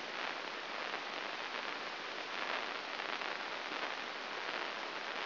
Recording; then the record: brain microelectrode recording played as sound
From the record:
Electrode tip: inside the subthalamic nucleus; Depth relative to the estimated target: -1.5 mm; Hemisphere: right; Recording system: AlphaMap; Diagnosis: Parkinson's disease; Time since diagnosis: 7 years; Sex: female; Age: 49 years